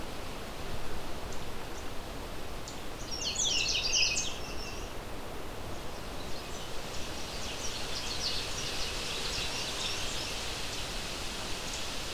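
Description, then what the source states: Canada Warbler song, a brief burst of quick, jumbled high notes, then fainter high notes over steady background noise. Brief songs from a male chasing a second male around, in swampy wet territory, on an overcast day.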